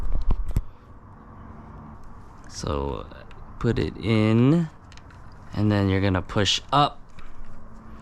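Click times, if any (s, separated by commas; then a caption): none. A new plastic fuel pump strainer is handled and pushed up toward the fuel pump inlet during a Toyota Camry fuel filter change, with a few short sharp handling taps near the start and around 4.9 seconds. Someone talks throughout. Nothing has seated or clicked into place yet.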